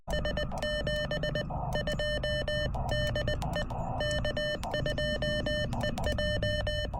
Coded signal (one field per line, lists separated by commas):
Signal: Morse code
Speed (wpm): 20 wpm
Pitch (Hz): 1800 Hz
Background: music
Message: S 72 DE K2EJ